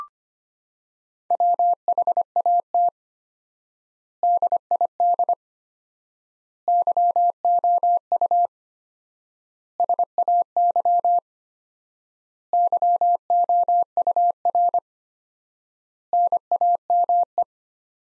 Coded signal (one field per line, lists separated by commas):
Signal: Morse code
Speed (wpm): 25 wpm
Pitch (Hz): 700 Hz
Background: none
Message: WHAT DID YOU SAY YOUR NAME